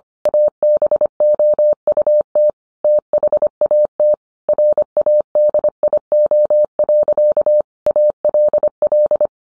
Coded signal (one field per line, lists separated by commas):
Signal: Morse code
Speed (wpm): 25 wpm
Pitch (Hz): 600 Hz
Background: none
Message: ABOUT THAT RADIO. ALL